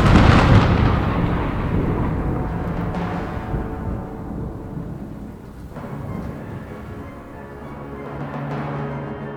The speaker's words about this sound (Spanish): Tengo el vago recuerdo de una tormenta poco después de llegar al bote. En todo caso, sé que oí el estampido de los truenos y demás ruidos que la naturaleza profiere en sus momentos de mayor agitación.